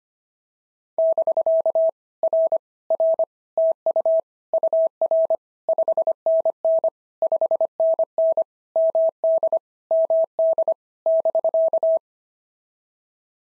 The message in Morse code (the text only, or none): <BK> R R TU UR 5NN 5NN MD MD <BK>